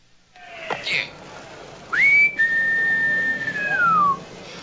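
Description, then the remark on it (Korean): Someone whistles into the intercom of Alvaro's house in Naples: a clear, loud tune with a brief rising note, then a long sustained high tone that slides downward at the end, with faint background noise. “알바로의 집 인터폰에 대고 …는 휘파람을 봅니다.”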